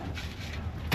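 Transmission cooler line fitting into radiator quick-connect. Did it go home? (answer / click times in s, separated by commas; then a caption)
no / none. A transmission cooler line fitting is handled at its quick-connect on the radiator of a 2004–2008 Dodge Ram 2500 during a transmission line replacement. Low, steady handling noise is heard, with a brief sharp burst near 0.9 s. Nothing has seated or clicked yet; the retaining clip has not snapped home.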